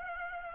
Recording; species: mosquito wingbeat signal from an infrared sensor; Aedes aegypti